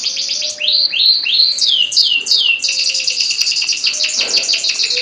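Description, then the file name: Canary singing a rich rolling song of downward-sweeping whistles then fast high trills; a faint low steady tone runs underneath at times. Standard canary song. "suara kicauan kenari standar. omkicau"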